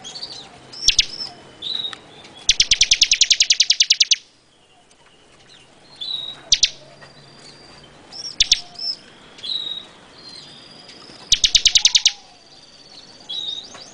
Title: Suara Burung Ciblek